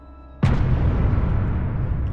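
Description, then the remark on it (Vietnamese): A sudden loud explosive bang, a paper talisman exploding behind a man on the 16th floor of a building, bursts out after a brief quiet moment, followed by a sustained, heavy rumbling roar that stays loud to the end. “Lá bùa của ông Tú bay đến gần chỗ Chánh Tổng thì như được gắn định vị, vòng ra sau lưng lão, phát nổ đùng một cái.”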